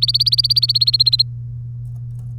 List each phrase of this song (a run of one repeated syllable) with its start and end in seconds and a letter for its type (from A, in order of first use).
0.00-1.22 A